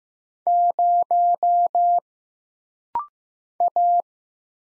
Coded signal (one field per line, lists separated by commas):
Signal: Morse code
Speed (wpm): 15 wpm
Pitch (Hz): 700 Hz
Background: none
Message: 0 A